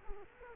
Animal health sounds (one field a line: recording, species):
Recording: mosquito wingbeat signal from an infrared sensor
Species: Culex quinquefasciatus